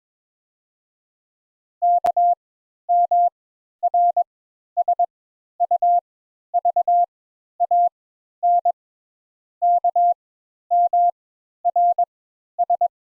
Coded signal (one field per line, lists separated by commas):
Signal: Morse code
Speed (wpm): 21 wpm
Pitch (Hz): 700 Hz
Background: none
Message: K M R S U V A N K M R S